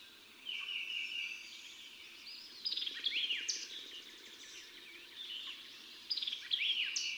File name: Summer Tanager